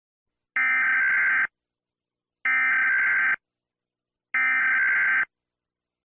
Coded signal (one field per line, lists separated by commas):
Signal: Emergency Alert System (SAME) tones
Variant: header bursts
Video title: El Salvador EAS Alarm (1877) CUANDO SE TE MOJA LA TAREA LOUD